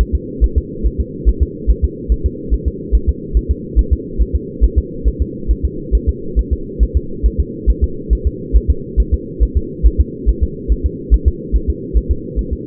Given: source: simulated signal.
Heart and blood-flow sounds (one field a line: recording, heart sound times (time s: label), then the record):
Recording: fetal heart sounds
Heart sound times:
0.01 s: S1
0.15 s: S2
0.44 s: S1
0.58 s: S2
0.87 s: S1
1.00 s: S2
1.29 s: S1
1.43 s: S2
1.70 s: S1
1.84 s: S2
2.12 s: S1
2.26 s: S2
2.54 s: S1
2.68 s: S2
2.95 s: S1
3.09 s: S2
3.37 s: S1
3.51 s: S2
3.79 s: S1
3.93 s: S2
4.22 s: S1
4.35 s: S2
4.64 s: S1
4.78 s: S2
5.08 s: S1
5.22 s: S2
5.51 s: S1
5.65 s: S2
5.95 s: S1
6.09 s: S2
6.39 s: S1
6.53 s: S2
6.83 s: S1
6.97 s: S2
7.26 s: S1
7.40 s: S2
7.70 s: S1
7.84 s: S2
8.13 s: S1
8.27 s: S2
8.56 s: S1
8.70 s: S2
9.00 s: S1
9.14 s: S2
9.43 s: S1
9.57 s: S2
9.87 s: S1
10.00 s: S2
10.29 s: S1
10.43 s: S2
10.72 s: S1
10.86 s: S2
11.14 s: S1
11.28 s: S2
11.56 s: S1
11.70 s: S2
11.97 s: S1
12.11 s: S2
12.39 s: S1
12.53 s: S2
From the record:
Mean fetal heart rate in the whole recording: 140 bpm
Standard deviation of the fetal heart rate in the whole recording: 2 bpm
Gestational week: 34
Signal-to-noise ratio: -4.3 dB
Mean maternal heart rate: 72 bpm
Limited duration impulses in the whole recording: absent